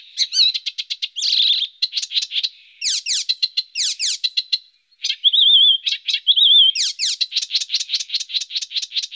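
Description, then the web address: Icterine warbler singing a rapid, varied medley of harsh chatters, buzzy trills and sliding whistled notes, with a brief pause midway before resuming. "IVN Zangvogels. Spotvogel"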